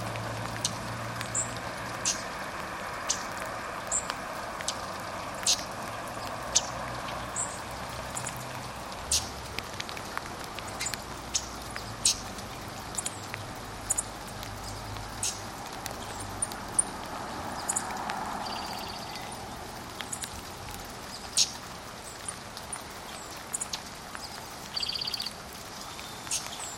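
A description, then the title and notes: Spring outdoor ambience with faint, high bird chirps scattered through the recording. Frequent sharp ticks, like drips or raindrops, sound over a steady hiss, while a low engine hum in the first ten seconds gives way to a soft passing swell around eighteen seconds. Spring Birds. Overcast with light rain at times.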